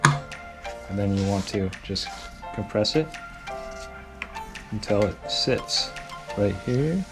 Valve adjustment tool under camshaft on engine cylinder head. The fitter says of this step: You slide this underneath so you can hear it click like that,